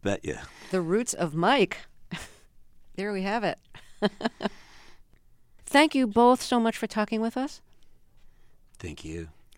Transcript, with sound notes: The roots of Mike. Here we have it (laughter).
Thank you both so much for talking with us.
Thank you.